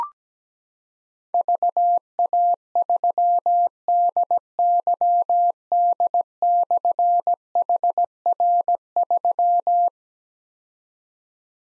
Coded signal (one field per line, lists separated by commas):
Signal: Morse code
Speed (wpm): 17 wpm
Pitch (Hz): 700 Hz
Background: none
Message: VA3DYD/HR3